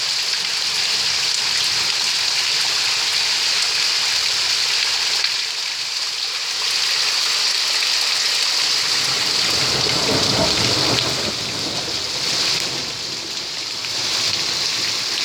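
A heavy stormy downpour of rain, a dense, steady hiss with a bright, sizzling top that stays even throughout. Around ten to eleven seconds the pattering thickens with heavier splashes lower down, and the sound eases slightly near six and thirteen seconds.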